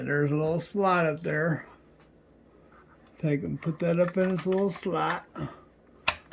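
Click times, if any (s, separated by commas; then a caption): 6.1 s. A filled bobbin case is put back into its slot in a sewing machine while someone talks. It is pushed in, and a sharp, loud click at 6.1 s shows it has seated.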